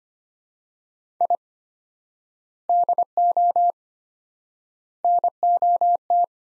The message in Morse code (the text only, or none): I DO NOT